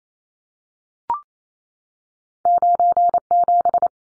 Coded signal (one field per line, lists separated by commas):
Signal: Morse code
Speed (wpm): 28 wpm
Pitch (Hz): 700 Hz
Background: none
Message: 97